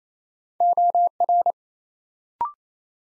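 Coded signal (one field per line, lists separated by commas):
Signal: Morse code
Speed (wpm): 27 wpm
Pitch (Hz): 700 Hz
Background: none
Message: OR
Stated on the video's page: New-word drill at 28 wpm: each word sent in Morse, then spoken, then sent again.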